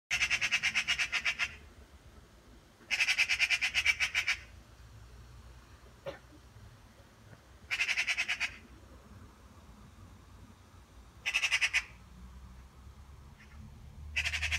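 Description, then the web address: Eurasian magpie chattering in harsh, rapid rattles, five bursts spaced a few seconds apart, with a low rumble in the background. "voix de pie"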